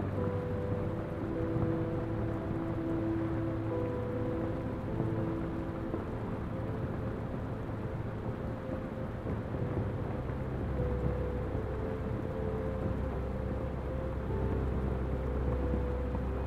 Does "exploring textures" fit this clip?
no